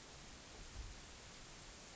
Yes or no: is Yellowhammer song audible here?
no